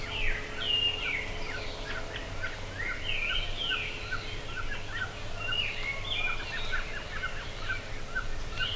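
Birds chirping with short whistled notes and quick twittering, scattered irregularly throughout against steady background noise.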